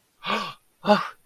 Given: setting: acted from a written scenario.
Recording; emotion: vocal sound without words; positive surprise